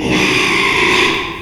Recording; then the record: squeal of a Yucatan mini pig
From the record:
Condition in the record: after surgery on the right vocal fold (resection and tissue-engineered implant); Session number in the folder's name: 1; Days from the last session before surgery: 6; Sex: male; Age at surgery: 12 weeks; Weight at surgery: 13 kg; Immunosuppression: cyclosporine, prednisolone